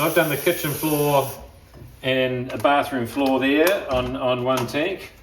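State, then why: Not seated. Someone talks while the cap or mount of the clean water tank on a wet floor cleaner is handled and twisted around, meant to pop into place. Nothing has seated or clicked yet by the end of the clip.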